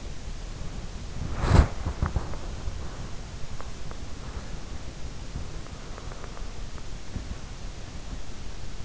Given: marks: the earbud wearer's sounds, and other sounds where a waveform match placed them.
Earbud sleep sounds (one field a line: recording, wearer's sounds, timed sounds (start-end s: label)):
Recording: sounds in sleep by an in-ear microphone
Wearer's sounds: body movement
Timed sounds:
0.86-8.85 s: body movement